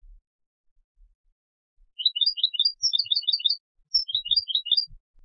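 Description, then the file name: European goldfinch twittering: a run of quick, high tinkling notes, a short pause, then a shorter second burst of similar chirps. "Carduelis carduelis"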